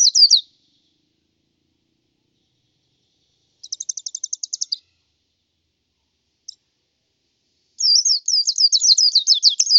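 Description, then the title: White-eye song: a brief high chirp, a fast dry trill of evenly spaced ticking notes, a lone click, then a rapid wavering warble. "Plecir3un. Suara burung pleci"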